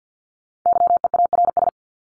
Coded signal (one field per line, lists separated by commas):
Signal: Morse code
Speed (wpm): 48 wpm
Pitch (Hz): 700 Hz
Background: none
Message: YEARS